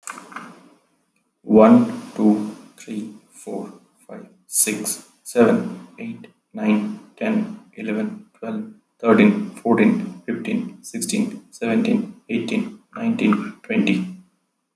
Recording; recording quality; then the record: counting at a normal pace; excellent, no background noise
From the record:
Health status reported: respiratory illness, not identified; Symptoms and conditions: hypertension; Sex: male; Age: 40 years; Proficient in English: yes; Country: India